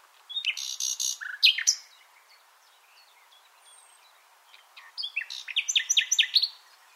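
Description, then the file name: Common nightingale song: a burst of harsh chirps and clicks, a quiet gap with a thin whistle, then another varied chattering phrase. "Luscinia megarhynchos"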